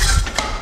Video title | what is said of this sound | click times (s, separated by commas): Italian Floor Corker - Winemaking and Bottling | locks in place cork goes inside and just like this | 0.4 s